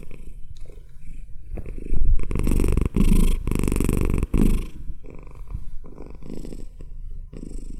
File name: CAT PURR 2